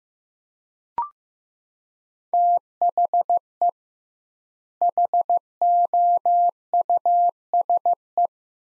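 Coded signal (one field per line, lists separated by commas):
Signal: Morse code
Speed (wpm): 15 wpm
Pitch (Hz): 700 Hz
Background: none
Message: THE HOUSE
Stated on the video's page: Morse practice of two-word sets at 15 wpm with 2x word spacing, a Farnsworth-like method for head-copying phrases.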